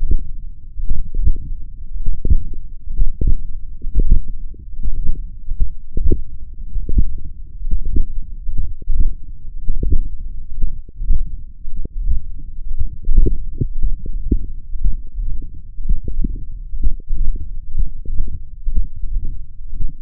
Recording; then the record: forearm muscle sounds (acoustic myography)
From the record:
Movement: hook grip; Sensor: system 1, eight BSWA MPA416 microphones around the upper forearm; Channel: 8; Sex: male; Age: 42 years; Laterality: right